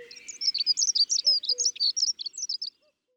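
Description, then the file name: Dunnock singing one hurried, high-pitched warble of tinkling notes lasting nearly three seconds, then falling silent, with a few faint low notes in the background. Recorded 11 April. "11 Avril-LAccenteur-mouchet-extrait"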